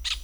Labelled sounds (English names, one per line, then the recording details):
Brown-throated Parakeet contact call
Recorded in Venezuela
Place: Hato Matapalo, Bolívar
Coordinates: 7.356, -61.542